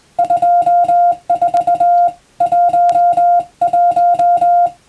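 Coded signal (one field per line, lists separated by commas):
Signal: Morse code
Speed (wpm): 20 wpm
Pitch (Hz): 700 Hz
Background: music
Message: 24 11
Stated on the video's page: Morse code receiving practice for radiotelegraph operator exam and amateur radio, using European-language telegram practice texts.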